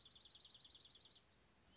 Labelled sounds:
Dark-eyed Junco
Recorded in Sonoma County, California

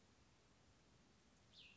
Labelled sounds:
Cassin's Vireo
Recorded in Sonoma County, California

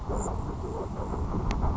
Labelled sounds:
Grasshopper Sparrow
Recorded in Sonoma County, California

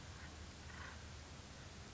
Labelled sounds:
Acorn Woodpecker
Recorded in Sonoma County, California

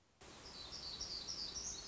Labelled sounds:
Black-throated Gray Warbler
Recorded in Sonoma County, California

